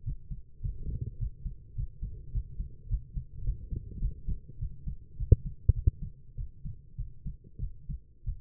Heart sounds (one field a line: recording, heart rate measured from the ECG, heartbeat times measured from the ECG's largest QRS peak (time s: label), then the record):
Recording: heart sounds by stethoscope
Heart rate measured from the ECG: 102 bpm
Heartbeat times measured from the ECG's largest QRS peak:
0.04 s: heartbeat
0.61 s: heartbeat
1.18 s: heartbeat
1.75 s: heartbeat
2.32 s: heartbeat
2.88 s: heartbeat
3.44 s: heartbeat
4.00 s: heartbeat
4.58 s: heartbeat
5.16 s: heartbeat
5.73 s: heartbeat
6.35 s: heartbeat
6.96 s: heartbeat
7.59 s: heartbeat
8.24 s: heartbeat
From the record:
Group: healthy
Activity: cold pressor test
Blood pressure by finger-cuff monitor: 107/77 mmHg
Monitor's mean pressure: 87 mmHg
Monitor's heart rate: 105 bpm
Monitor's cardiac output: 8.1 L/min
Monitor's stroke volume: 77 mL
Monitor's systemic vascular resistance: 810 dyn s/cm5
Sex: female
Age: 19 years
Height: 163 cm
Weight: 51 kg